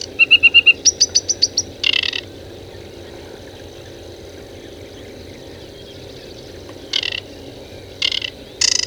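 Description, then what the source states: Bird opening with a quick run of short, bright high notes that jump upward midway, followed by several brief buzzy bursts spaced seconds apart over low background noise. Aquatic habitat.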